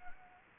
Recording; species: mosquito wingbeat signal from an infrared sensor; Anopheles gambiae